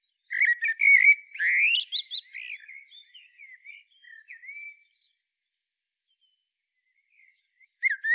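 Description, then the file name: Common blackbird song: mellow whistled notes, then quick sharp high chirps, trailing into soft warbling and a final fluty note. "Turdus merula"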